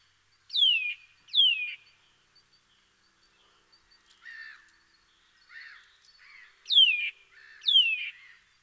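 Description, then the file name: Eurasian nuthatch calls, paired downslurred whistles at start and end, with quieter buzzy notes in the middle. "Sitta europaea"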